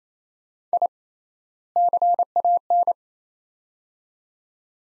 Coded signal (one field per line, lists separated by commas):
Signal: Morse code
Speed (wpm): 27 wpm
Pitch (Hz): 700 Hz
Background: none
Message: I CAN